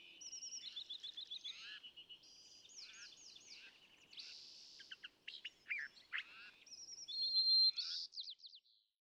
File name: California Thrasher